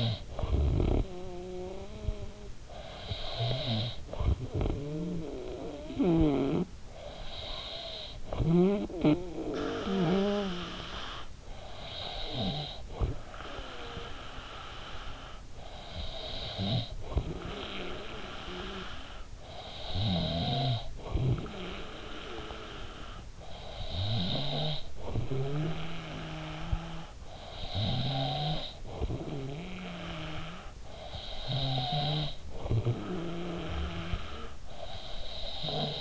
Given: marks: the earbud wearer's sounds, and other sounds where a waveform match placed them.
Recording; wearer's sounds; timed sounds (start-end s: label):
sounds in sleep by an in-ear microphone; snoring breath
0.00-36.01 s: snoring breath